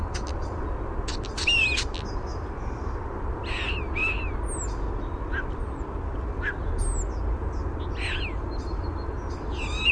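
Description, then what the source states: European Starling warbling: a jumble of clicks, rattles, thin descending whistles and squeaky notes over a low background rumble. Male singing at a nest cavity; song includes imitations of other species' calls.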